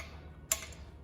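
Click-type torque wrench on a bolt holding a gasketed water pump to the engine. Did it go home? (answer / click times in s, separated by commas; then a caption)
yes / 0.5 s. A click-type torque wrench tightens a bolt holding a gasketed water pump to the engine. A quiet low hum runs under the clip, and a single sharp, bright click at 0.5 s marks the wrench breaking over at its setting. The bolt is torqued to spec.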